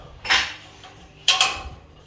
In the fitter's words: you can hear them click and that is in